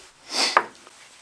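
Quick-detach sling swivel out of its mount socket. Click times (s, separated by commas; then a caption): 0.6 s. A push-button quick-detach sling swivel is pulled out of its mount socket on a customized, suppressed CZ Scorpion. A soft broadband rustle swells from about 0.3 to 0.5 s, then a single sharp click at 0.6 s marks the swivel popping free, followed by a faint tick near 0.9 s. The swivel comes out of its socket and is released.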